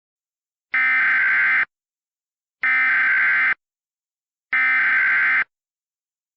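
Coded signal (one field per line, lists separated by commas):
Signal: Emergency Alert System (SAME) tones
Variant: header bursts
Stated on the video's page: Fictional EAS scenario with valid Emergency Alert System tones, a simulated alert rather than a real broadcast.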